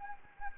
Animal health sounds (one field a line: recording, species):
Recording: mosquito wingbeat signal from an infrared sensor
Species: Anopheles gambiae